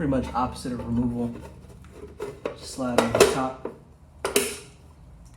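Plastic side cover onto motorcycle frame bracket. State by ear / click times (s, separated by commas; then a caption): seated / 4.2 s, 4.4 s. Someone talks as a motorcycle's plastic side cover is slid over the top of the installed module and pressed onto the frame bracket. Sharp clicks land at 4.3 s and 4.4 s as the cover snaps into place, seated.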